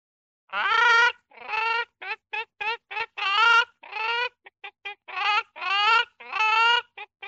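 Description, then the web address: Chicken clucking and squawking: an irregular run of harsh, nasal notes, some drawn out and some clipped short, with brief pauses between them. "курица"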